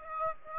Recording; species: mosquito wingbeat signal from an infrared sensor; Aedes aegypti